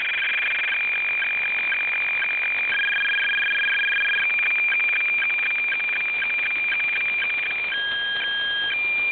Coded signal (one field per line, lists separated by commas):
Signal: weather fax (radiofax)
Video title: Ham Radio - Revisiting the PA0RDT Miniwhip active RX antenna.